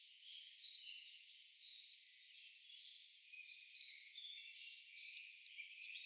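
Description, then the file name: European robin uttering rapid clusters of high, thin notes at short intervals, with quiet twittering filling the gaps. "Erithacus rubecula"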